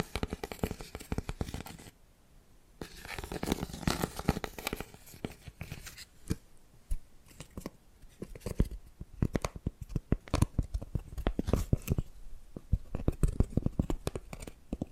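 Tapping and scratching sounds run as a dense, irregular stream of sharp clicks and raspy scrapes, some crinkly or tearing in texture. There's a brief quieter gap near the two-second mark, and after about eight seconds the taps become more separated and punchy.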